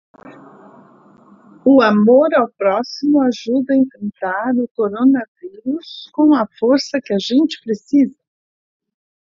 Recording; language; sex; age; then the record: spoken sentence; Brazilian Portuguese; female; 70 to 79 years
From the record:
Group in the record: control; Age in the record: 71 years